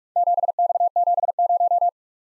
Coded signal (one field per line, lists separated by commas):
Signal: Morse code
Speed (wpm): 47 wpm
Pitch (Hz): 700 Hz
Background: none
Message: 7X70